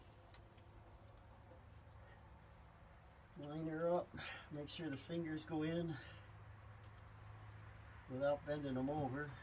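Weather stripping is lined up against the rocker and door area of an F-150 truck, positioned so its plastic fingers go in without bending before it is pushed home. Someone talks over a steady low hum, with a faint brief tick near 0.3 s. Nothing has seated or clicked yet.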